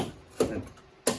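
A truck body trim panel is pushed down and up to work a plastic retaining clip loose. A softer knock comes at 0.4 s, then a sharp, bright pop at 1.1 s as the clip releases and comes off the panel.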